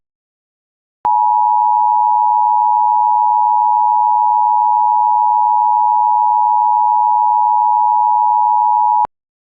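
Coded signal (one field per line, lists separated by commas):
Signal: Emergency Alert System (SAME) tones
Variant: 853 and 960 Hz attention tone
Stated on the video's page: Recreation of a DIRECTV Emergency Alert System test.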